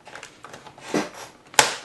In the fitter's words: sure everything snaps back in place you shouldn't see any lumps or any inconsistency